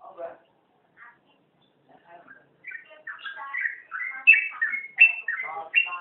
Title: Kicau Kacer